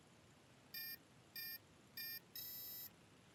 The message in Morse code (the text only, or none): none